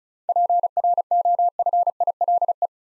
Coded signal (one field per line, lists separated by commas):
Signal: Morse code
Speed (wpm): 36 wpm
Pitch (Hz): 700 Hz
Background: none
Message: PROFILE